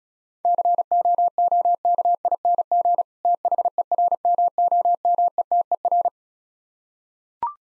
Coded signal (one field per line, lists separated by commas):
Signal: Morse code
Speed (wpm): 36 wpm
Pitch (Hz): 700 Hz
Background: none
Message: COOKING THERMOMETER